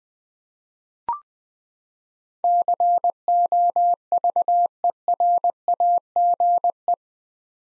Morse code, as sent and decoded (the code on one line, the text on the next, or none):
-.-. --- ...- . .-. .- --. .
COVERAGE